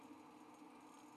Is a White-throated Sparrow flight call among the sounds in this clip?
no